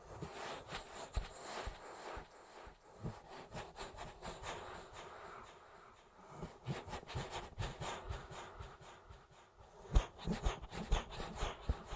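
Soft rubbing and brushing sounds from an ear massage, made of dense, uneven strokes and scratchy crackles that come in quick clusters. The texture is mostly muffled and low, with brighter crisp bursts, and a sharper knock stands out around the ten-second mark.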